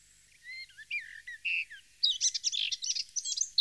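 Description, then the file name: Eurasian blackcap song opening with soft, scattered whistled notes, then breaking into a louder, rapid scratchy warble. "Jean C Roche - Fauvette a tete noire"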